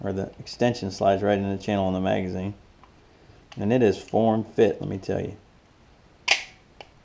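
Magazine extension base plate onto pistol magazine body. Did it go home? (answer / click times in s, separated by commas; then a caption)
yes / 6.3 s. Someone talks while a polymer +2 magazine extension base plate is slid along the channel of a Glock 43 pistol magazine body. At 6.3 s a sharp snap is heard as its retaining button pops into its hole, followed by a faint tick. The extension plate is seated.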